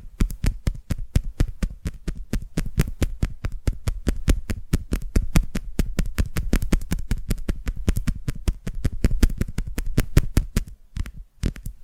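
Fast, regular tapping runs through nearly the whole twelve seconds, each tap a crisp click with a soft low thud beneath it. The taps come several per second in an even stream, thinning near the end with a couple of brief gaps before a few final taps.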